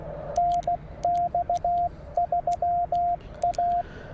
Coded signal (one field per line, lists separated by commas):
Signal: Morse code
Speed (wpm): 17 wpm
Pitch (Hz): 700 Hz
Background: radio noise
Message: NX3A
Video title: POTA in CW at Dunbar Cave State Park